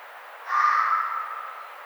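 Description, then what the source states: Red fox giving a single drawn-out, harsh nasal call lasting over a second, starting loud then fading gradually, against a quiet background. Recorded 1 April 2009.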